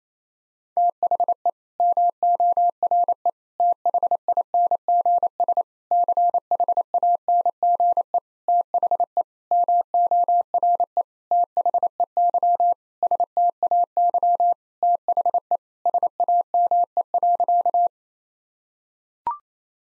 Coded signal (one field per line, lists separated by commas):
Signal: Morse code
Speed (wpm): 28 wpm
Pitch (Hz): 700 Hz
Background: none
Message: THE MORE THINGS CHANGE THE MORE THEY STAY THE SAME.